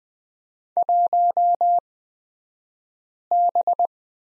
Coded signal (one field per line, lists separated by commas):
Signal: Morse code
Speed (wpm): 20 wpm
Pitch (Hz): 700 Hz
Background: none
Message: 1B